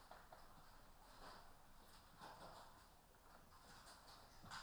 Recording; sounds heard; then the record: poultry house recording; healthy chickens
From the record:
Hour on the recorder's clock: 14